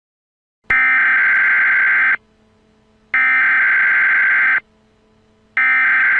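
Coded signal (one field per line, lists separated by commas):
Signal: Emergency Alert System (SAME) tones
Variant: header bursts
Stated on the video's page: Simulated EAS activation for a nuclear bomb attack.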